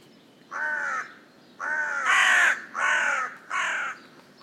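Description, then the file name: Carrion crow giving five harsh, rasping caws, the third loudest, the first set apart from the rest. "Corvus corone"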